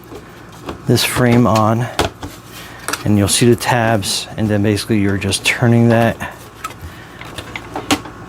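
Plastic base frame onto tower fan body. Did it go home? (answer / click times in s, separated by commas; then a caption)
yes / 7.9 s. Someone talks while a plastic base frame is twisted onto the bottom of a VEVOR tower fan, turning it until its tabs lock, with no screws needed. Light knocks and scrapes from the turning build to a loud, sharp click at 7.9 s as the frame seats in place.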